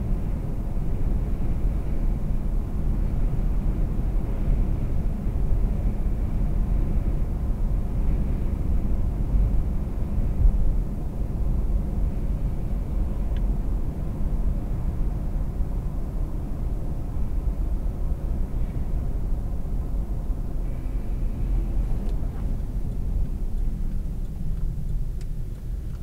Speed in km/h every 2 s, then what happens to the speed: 77, 77, 76, 76, 74, 72, 72, 72, 69, 64, 61, 42, 26.
0-14 steady at about 74. 14-26 brakes to 26.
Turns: none.